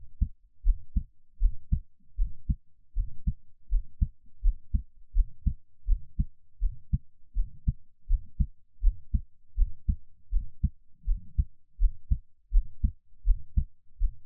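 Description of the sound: A person's own heartbeat, heard close up: a steady, normal heartbeat at about 81 beats per minute, with no talking.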